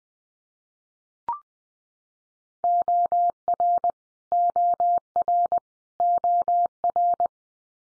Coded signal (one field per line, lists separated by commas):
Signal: Morse code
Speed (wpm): 20 wpm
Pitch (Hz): 700 Hz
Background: none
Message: OR OR OR